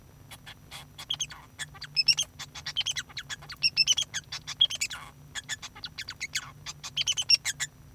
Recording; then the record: song of a male Bengalese finch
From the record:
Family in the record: son of father 2